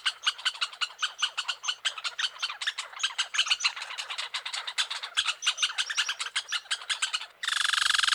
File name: dan-gibsons-solitudes red-squirrel